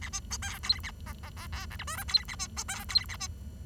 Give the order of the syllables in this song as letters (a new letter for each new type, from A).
A B C D E A F F G G H I J K E A B C D E A B